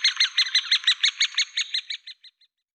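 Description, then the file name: Great spotted woodpecker calling in a brief burst of harsh, clipped notes that slow and fade away toward the end. "Buntspecht"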